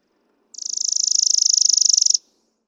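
Chipping Sparrow song: a steady, mechanical trill of fast dry chips, rising slightly in loudness at the start and lasting about one and a half seconds.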